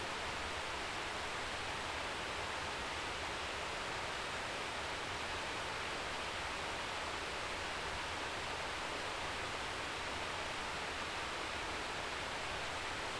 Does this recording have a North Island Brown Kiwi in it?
no